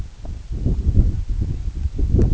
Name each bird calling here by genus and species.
none